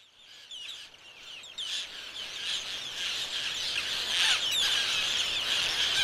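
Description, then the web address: Roseate tern calls, a busy chorus of harsh rasping squawks, many birds overlapping, growing louder throughout. "aves-marinhas garajaus garajau-rosado Vocalizacoes"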